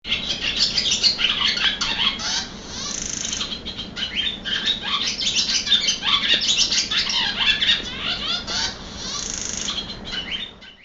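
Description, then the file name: Swallow twittering: dense, rapid chirps and squeaky notes running almost continuously, overlapping and high-pitched, above a faint steady low hum. "lastochka"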